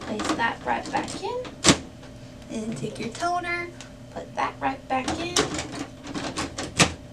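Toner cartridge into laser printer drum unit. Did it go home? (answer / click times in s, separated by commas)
yes / 5.4 s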